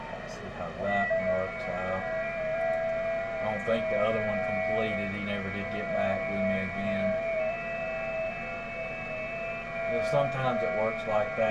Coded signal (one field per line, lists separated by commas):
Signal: FT8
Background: speech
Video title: Saturday Night #ft8 #qrp #hamradio